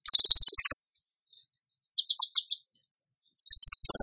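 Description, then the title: Bird song: three short bursts of quick, high, ringing notes separated by brief pauses. Bird song in the tembakan gacor style, used as masteran (training for other birds). "Masteran Burung Tembakan Gacor"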